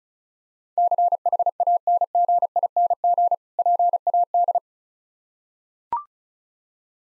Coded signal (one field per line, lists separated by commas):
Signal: Morse code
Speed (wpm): 36 wpm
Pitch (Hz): 700 Hz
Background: none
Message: CHANGING PAD